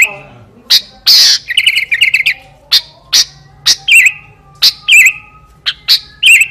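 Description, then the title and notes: Sooty-headed bulbul song: repeated sharp snapping clicks, broken by a harsh burst, a short chattering run and wavering whistled phrases. Recording made for training other songbirds by imitation (masteran). "suara burung kutilang buat masteran"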